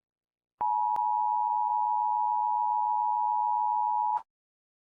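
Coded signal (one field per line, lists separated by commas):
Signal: Emergency Alert System (SAME) tones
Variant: 853 and 960 Hz attention tone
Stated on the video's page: Fictional EAS scenario about freezing.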